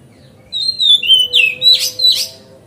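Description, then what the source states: Oriental magpie-robin song: a burst of loud whistled and buzzy phrases, sliding notes followed by harsher rasping bursts, over a quiet low background hum. Kacer song used as masteran (tutoring other birds), on a terrace.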